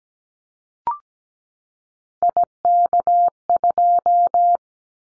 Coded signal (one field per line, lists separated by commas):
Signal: Morse code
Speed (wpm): 17 wpm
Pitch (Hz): 700 Hz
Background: none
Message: IK2